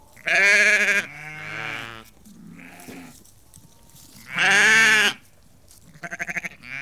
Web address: The BBC Sound Effects Library Livestock About 30-50 Ewes and Lambs Calling